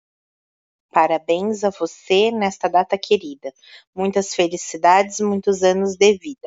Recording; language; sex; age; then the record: short text; Brazilian Portuguese; female; 30 to 39 years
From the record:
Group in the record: control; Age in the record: 31 years